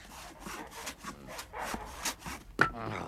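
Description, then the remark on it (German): A hand saw rasps through the third wooden post of a flimsy goose stall in a series of rough, rhythmic back-and-forth strokes, cutting it halfway through, ending with a sharper crack-like scrape. No one speaks. “Die Säge hat den Pfosten halb durchgenagt, als der schwache Stall mitsamt den Gänsen schwankt.”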